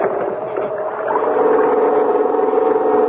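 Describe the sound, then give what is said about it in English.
A small portable generator engine is pull-started with its starting rope as it gets dark, to power a searchlight. It settles into a steady, buzzing drone, growing louder and more even about a second in, with no voices. “It was getting dark by the time we had everything connected and the generator ready to go”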